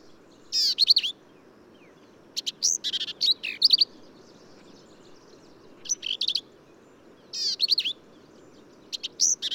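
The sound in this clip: Black-capped vireo song: short, harsh, varied phrases of chattering notes and slurred whistles high in pitch, delivered in bursts with pauses of one to two seconds; faint steady background hiss.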